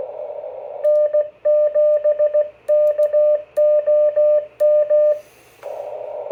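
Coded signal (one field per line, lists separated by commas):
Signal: Morse code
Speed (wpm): 16 wpm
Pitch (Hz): 600 Hz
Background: radio noise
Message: N7KOM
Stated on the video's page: CW QSO test on an Icom IC-706 fitted with an optional FL-100 filter.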